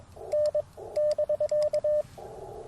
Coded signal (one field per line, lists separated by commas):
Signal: Morse code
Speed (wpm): 21 wpm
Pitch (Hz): 590 Hz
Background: radio noise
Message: N <BK>